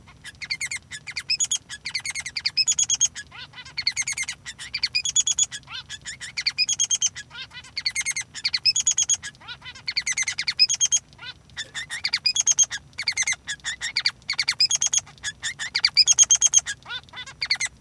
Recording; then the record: song of a male Bengalese finch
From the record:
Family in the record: son of father 3